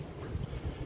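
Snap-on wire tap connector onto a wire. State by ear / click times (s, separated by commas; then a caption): not seated / none. A cheap snap-on wire tap connector is squeezed onto a wire for the rear air suspension wiring of a 1998 Dodge Dakota. Only low rumbling, wind-like noise is heard, with no sharp transient. The connector fails to latch closed and its blade does not press into the wire insulation, so nothing has clicked or seated.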